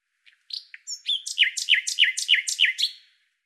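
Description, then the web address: Common nightingale phrase of a few introductory notes followed by a steady run of several loud, down-slurred repeated notes. "Deverinetal 2025"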